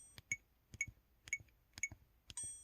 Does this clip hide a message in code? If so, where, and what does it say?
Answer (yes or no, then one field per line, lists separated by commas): no